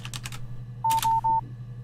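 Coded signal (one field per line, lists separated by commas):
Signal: none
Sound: headset low battery beeps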